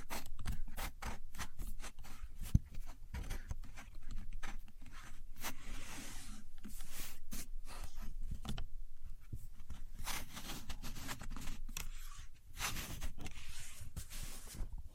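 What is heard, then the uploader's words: A contour gauge is worked by hand, its pins giving off quick, dense bursts of clicking and rattling. Short scraping sweeps come and go irregularly throughout, with brief quieter gaps around the middle, and a low rumble of handling noise underneath. Using A Contour Gauge (No Talking).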